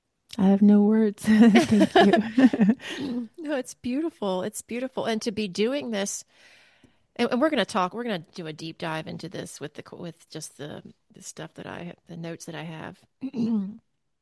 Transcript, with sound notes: I have no words. (laughs) Thank you.
(laughs) No, it's beautiful. It's beautiful. And to be doing this, uh, and we're gonna talk, we're gonna do a deep dive into this with the c- with just the, the stuff that I ha- the notes that I have,